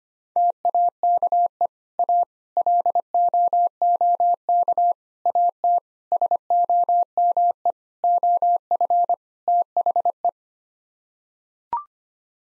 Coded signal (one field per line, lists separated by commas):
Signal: Morse code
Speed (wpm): 25 wpm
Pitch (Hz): 700 Hz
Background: none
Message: TAKE A LOOK AT SOME OF THE